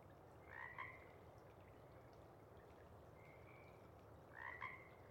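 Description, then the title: Pacific chorus frog giving sparse two-note ribbits, a soft trill between, against a steady low background hiss. Sparse chorus before dawn as first light appears; most of the pod has gone back to burrow and sleep, a few individuals still calling to attract a mate. "Chorus Frogs, Sparse, pre-Dawn"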